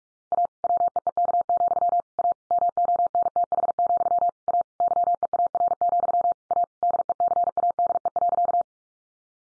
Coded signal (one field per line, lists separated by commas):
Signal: Morse code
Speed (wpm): 44 wpm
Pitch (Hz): 700 Hz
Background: none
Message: A WEEK, A MONTH, A YEAR, A DECADE.